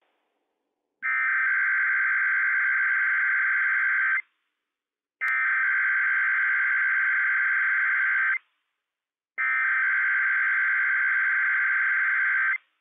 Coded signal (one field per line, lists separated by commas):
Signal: Emergency Alert System (SAME) tones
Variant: header bursts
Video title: Inland Northwest RWT - WWF56 - EAS #134 - 10:0 AM PDT 7/13/21